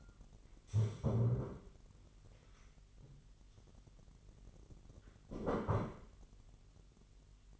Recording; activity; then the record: daily activity, microphone in the room; stand up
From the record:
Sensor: 4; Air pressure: 999.3 hPa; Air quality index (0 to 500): 115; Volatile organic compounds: 2 ppm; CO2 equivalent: 1134 ppm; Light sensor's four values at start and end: 12/29/12/13 and 12/29/12/13